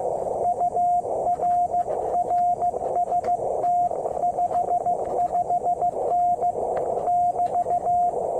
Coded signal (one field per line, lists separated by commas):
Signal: Morse code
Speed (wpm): 15 wpm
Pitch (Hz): 720 Hz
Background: radio noise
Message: UR RST 55N <BT>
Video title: QRPGUY V2Keyer or 2m Twin-DL TEST